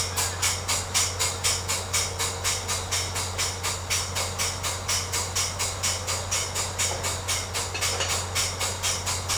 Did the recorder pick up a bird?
no